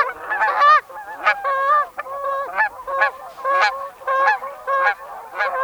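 Canada goose honking: many loud, nasal honks in quick succession.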